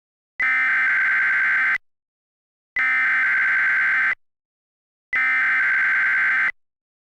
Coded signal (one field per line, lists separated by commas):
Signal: Emergency Alert System (SAME) tones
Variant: header bursts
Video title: The Creature of Wind | EAS Mock #25